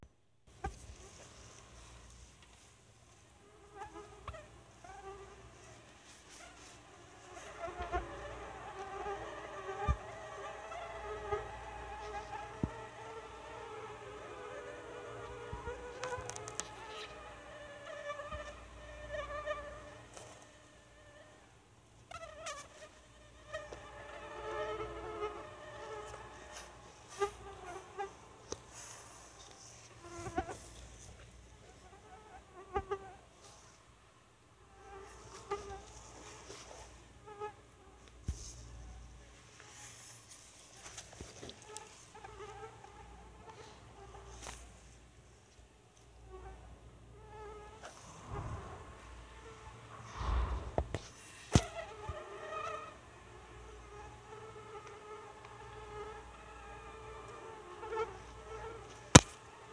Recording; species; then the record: mosquito flight sound by mobile phone; Anopheles freeborni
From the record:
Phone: Sony Xperia